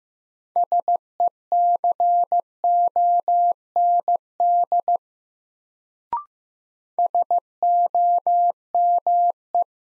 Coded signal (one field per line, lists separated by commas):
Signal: Morse code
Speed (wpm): 15 wpm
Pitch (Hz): 700 Hz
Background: none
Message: SECOND SOME